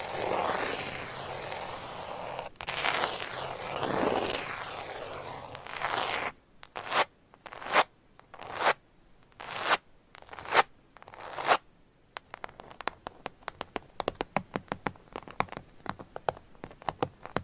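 Scratching starts as a continuous rasping with sweeping strokes, then breaks into separate swipes about once a second, ending in rapid, uneven tapping.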